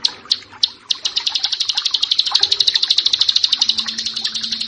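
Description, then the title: Bar-winged prinia song: a series of sharp high chips that speeds up into a rapid, steady ticking trill lasting several seconds. "Ciblek Sawah 1"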